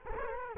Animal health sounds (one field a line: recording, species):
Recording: mosquito wingbeat signal from an infrared sensor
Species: Culex quinquefasciatus